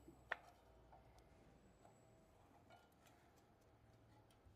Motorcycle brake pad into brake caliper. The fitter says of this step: അവിടെ ലോക്ക് ആയിട്ടുണ്ട്